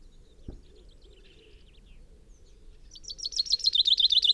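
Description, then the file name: Common chaffinch begins a bright, rapid trill of repeated notes in the final seconds after quiet, faint bird sounds and a single low thump. "Fringilla coelebs"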